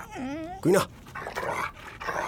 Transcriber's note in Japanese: うれしげに鳴く野良犬の声